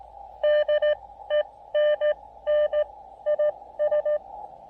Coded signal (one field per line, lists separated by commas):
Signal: Morse code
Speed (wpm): 17 wpm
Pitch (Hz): 590 Hz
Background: none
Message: DENNIS